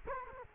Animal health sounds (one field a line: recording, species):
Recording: mosquito wingbeat signal from an infrared sensor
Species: Culex quinquefasciatus